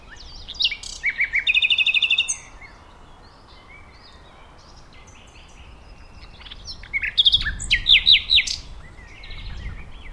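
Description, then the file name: Common nightingale song with a rapid, even run of repeated notes lasting over a second, a pause, then a second phrase of loud stuttering notes. "Luscinia megarhynchos"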